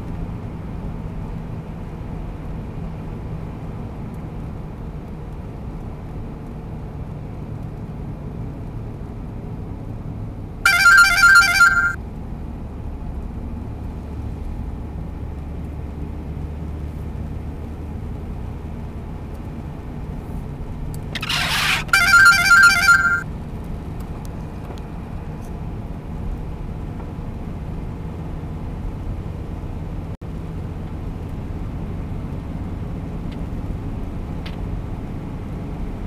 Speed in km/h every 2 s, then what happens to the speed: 90, 90, 84, 80, 76, 72, 70, 72, 74, 77, 80, 84, 84, 86, 87, 87, 91, 92.
0-13 slows to 70. 13-36 speeds up to 92.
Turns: none.